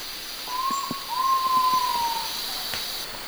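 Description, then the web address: Great pitta giving a double whistle, brief opening note followed by a longer level tone easing downward, with constant insect buzz and faint clicks behind. Recorded in Indonesia. "ULM-DS-Lab indonesian-bird-sounds. Pitta maxima"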